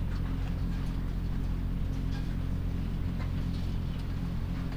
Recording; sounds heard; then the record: poultry house recording; sick chickens (respiratory disease)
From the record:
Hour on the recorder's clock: 21